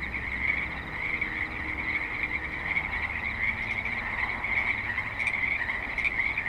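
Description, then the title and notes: Frog chorus, dense and unbroken, overlapping croaks holding a steady level. Frogs at a creek in suburban Spanish Springs, Nevada. "Frogs in Spanish Springs, NV - creek view. Frogs with light traffic and other suburban sounds"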